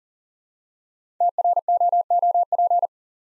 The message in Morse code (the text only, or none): TROOP